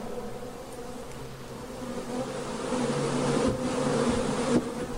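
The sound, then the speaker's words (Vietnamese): A dense swarm of giant prehistoric mosquitoes drones continuously, a layered, low-pitched buzzing that holds steady and swells slightly louder in the second half, with no voices present. “Theo như những gì mà tôi biết đó hả, thì cái bọn mũi khổng lồ thời viễn cổ chắc là chỉ có hút nhựa cây mà thôi.”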